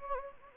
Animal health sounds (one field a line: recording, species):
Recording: mosquito wingbeat signal from an infrared sensor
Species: Anopheles gambiae